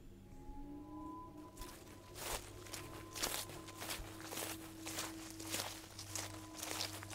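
Rustling footsteps crunch through dry leaves in a steady, uneven rhythm, each step a broad crackling burst, growing slightly louder over time against a low steady hum of the forest.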